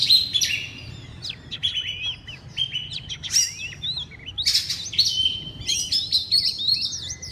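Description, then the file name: Oriental magpie-robin song: loud, rich whistles, slurred notes and scratchy trills, given in a steady flowing stream. Loud song in the ngeplong style. "suara kacer ngeplong keras"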